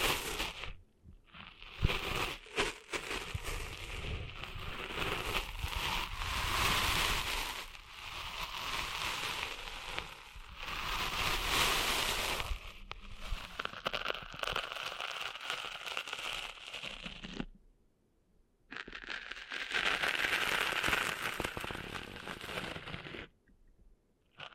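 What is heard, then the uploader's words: Sand is being cleaned out of an ear: a dense, scratchy crackling and rustling that swells and eases in waves. It stops briefly near the start, again around 18 seconds, and near the end, with sharp clicks scattered throughout. ASMR Cleaning Sand Out of Your Ears (No Talking).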